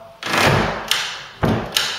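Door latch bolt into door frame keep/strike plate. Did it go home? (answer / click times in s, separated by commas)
no / none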